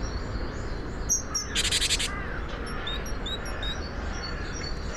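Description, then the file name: Great tit giving one short, buzzy, rapidly pulsed churr among thin high notes, over a steady low rumble. "Parus major"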